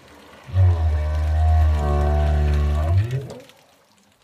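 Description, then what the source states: Southern right whale moan: one long, steady low tone with stacked harmonics, rising briefly at the end before fading. Recorded at the Auckland Islands, New Zealand, a right whale hotspot; this part of the repertoire is produced by both males and females.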